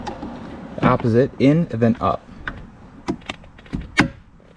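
Someone talks while the opposite side of a Honda Accord glovebox stop is pushed in and then up to reseat it in the dashboard after a cabin air filter replacement. A few light knocks and clicks follow from about 2.5 to 3.7 s, then a sharp click at 4.0 s as the stop seats back in.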